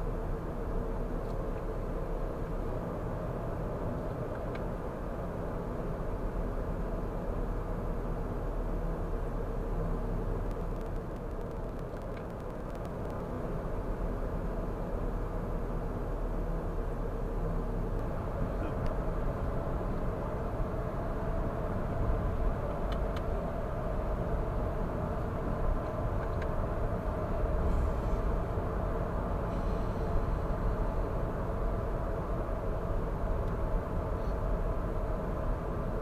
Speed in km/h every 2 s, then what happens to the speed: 55, 56, 55, 54, 55, 54, 54, 54, 61, 61, 63, 66, 66, 66, 64, 62, 61, 59.
0-14 steady at about 54. 14-22 speeds up to 66. 22-36 slows to 59.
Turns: none.